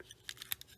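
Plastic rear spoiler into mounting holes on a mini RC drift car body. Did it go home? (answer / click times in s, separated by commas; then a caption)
no / none. A plastic rear spoiler is pushed into the two mounting holes at the rear of a Diatone SNT MIX GO SR43 CA51 / SNICLO AIR 5 mini RC drift car body, making a series of faint, short plastic ticks and scrapes. The spoiler does not click into place because it has no snap fit, so it would need a dab of glue to stay on. Nothing has seated or clicked yet.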